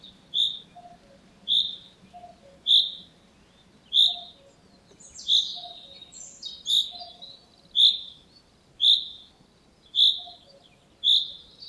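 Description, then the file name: Common chaffinch giving bright, clipped high call notes, about one each second, with a brief burst of scratchy notes midway. "Fringilla coelebs"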